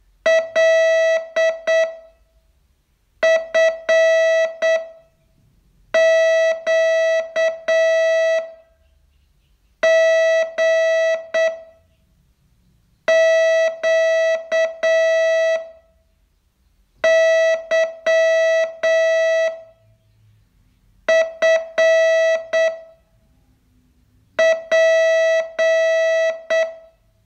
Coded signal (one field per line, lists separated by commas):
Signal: Morse code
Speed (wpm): 8 wpm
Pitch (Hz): 650 Hz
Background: music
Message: LFQGQYFP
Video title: Learn Morse in 42 Days from VU2LAU - day 30